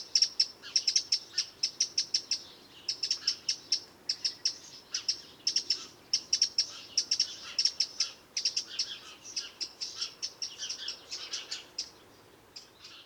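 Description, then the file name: Eurasian wren giving sharp, high ticking calls in rapid rattling bursts, clicks repeated several times a second with brief pauses throughout. "Troglodytes troglodytes"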